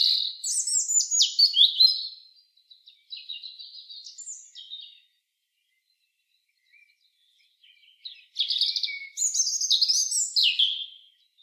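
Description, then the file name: European robin song, high liquid warbles and quick trills in a long rambling phrase, a pause of several seconds, then a second bright, jangling phrase. "Erithacus rubecula"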